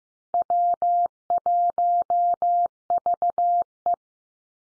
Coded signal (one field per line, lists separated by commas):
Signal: Morse code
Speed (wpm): 15 wpm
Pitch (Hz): 700 Hz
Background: none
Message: W1VE